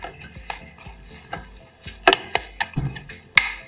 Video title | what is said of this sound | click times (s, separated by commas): Cafetera Programable Krups Ec3140 Unboxing, Review & Test Como Usarla - RobertNetworks | está hace un click al cerrar y | 3.4 s